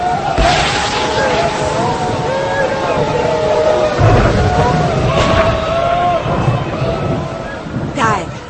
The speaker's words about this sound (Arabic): انا حاسس ان الارض بتترج من تحتي، دماغي بتتهز وعينيا مزغلله. ده زلزال يا مولاي، الارض بتترج لينا، السرايا كلها بتتمرجح، المباني اللي باينه من هناك في المدينه عماله تميل وتتعدل.